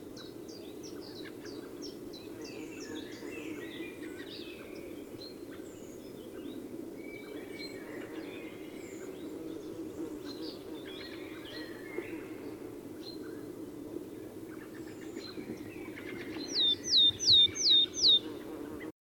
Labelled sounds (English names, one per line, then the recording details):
Willow Tit
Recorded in the wild
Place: Brunn, Mecklenburg-Vorpommern, DE
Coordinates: 53.662, 13.335
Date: 1981-04-09 18:57
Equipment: Nagra III BH, Sennheiser MD 21, parabola
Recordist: Schubert, Michael